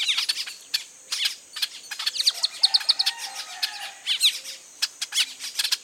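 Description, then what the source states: Carib grackle calls: rapid squeaky chips and short tinny whistles in irregular bursts. Recorded on 29 June 2008.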